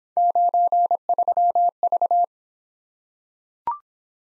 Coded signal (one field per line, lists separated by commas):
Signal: Morse code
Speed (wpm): 25 wpm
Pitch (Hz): 700 Hz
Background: none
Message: 93V